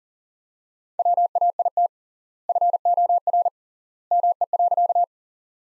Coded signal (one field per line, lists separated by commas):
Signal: Morse code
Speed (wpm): 37 wpm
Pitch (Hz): 700 Hz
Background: none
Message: WAIT FOR ME.